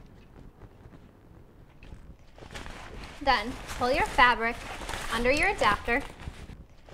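A car seat adapter is handled on a City Mini GT double stroller frame while fabric is pulled under the adapter, with faint rustling and handling noises beneath someone talking. Nothing has seated or clicked into place yet.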